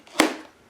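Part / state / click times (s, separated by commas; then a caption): magnetic canopy hatch into RC plane foam fuselage / seated / 0.2 s. A foam canopy hatch held by a magnet is slid into the foam fuselage of an H-King P-51D Moonbeam McSwine RC plane. After a faint tap near 0.1 s, it snaps into place with a sharp, bright click at 0.2 s that rings out briefly. The hatch seats.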